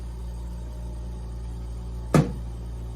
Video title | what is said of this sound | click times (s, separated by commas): Invacare Homefill 2 Patient Education | to set it on here, set it on, slightly push down. You'll hear it click. | 2.2 s